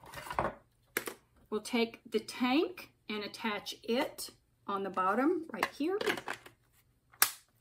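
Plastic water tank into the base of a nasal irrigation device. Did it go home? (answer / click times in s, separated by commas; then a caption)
yes / 7.2 s. A plastic water tank is attached to the bottom of a nasal irrigation unit and pushed on until it snaps into place. Someone talks while handling it, with a few light knocks early on, then a sharp click at 7.2 s as the tank seats onto the base.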